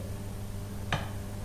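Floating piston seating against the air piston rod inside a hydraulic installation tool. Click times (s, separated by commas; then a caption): 0.9 s. During priming of an Avdel Type 73200 hydraulic riveting installation tool, the floating piston is pushed with a syringe until it seats against the air piston rod. A single short, sharp click is heard at 0.9 s over a steady low hum. It confirms the piston has seated and that both the pull and return sides are full of oil.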